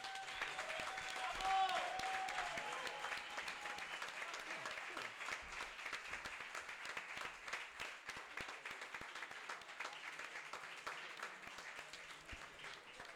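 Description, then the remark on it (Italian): A crowd applauds the fourth-placed competitors, scored 73.2, with steady, dense clapping filling the whole stretch, loudest early on and then settling into a sustained, even roar of hands with some cheering voices mixed in. “Al quarto posto, con 73,2, un bel applauso”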